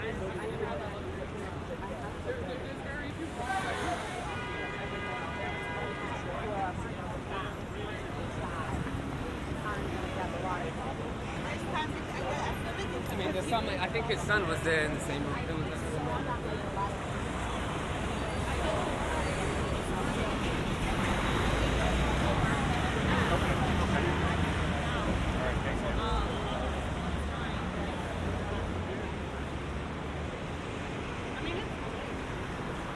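A walk from Grand Central Terminal to Times Square, with a steady wash of crowd chatter and traffic rumble throughout. Voices come and go, a brief tonal whistle or horn sounds around four seconds, and the din swells louder past the twenty-second mark.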